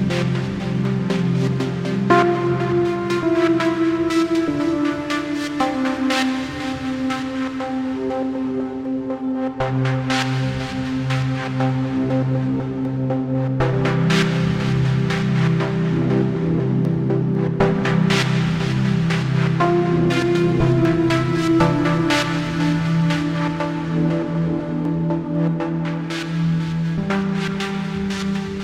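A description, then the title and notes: Binaural waves at 432 hz, carried on sustained, layered tones that hold steady and shift to a new chord every few seconds. Soft, bright struck notes ring out roughly every four seconds over the low, even drone, at a constant loudness throughout. Binaural waves at a frequency of 432hz.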